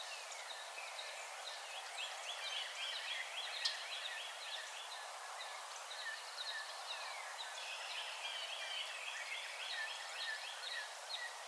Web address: Song Sparrow 2007 06 17 Song Sparrow